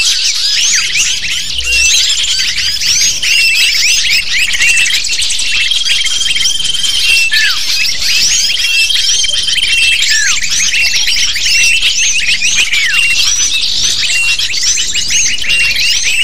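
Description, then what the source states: Lovebirds chattering, a dense continuous chorus of shrill, high squeaky chirps and short downward-sweeping notes from many birds, with a few thin sustained whistles above. Lure used to attract lovebirds.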